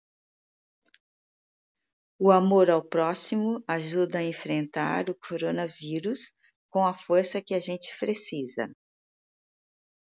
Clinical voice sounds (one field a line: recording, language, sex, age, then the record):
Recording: spoken sentence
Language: Brazilian Portuguese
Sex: female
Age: 50 to 59 years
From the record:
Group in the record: control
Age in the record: 59 years